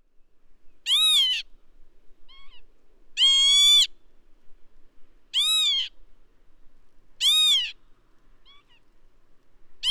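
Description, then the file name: Northern lapwing calls: loud, slurred, wheezy whistles that rise then drop, given about every two seconds, with soft short notes in between. "Vanneau-huppé"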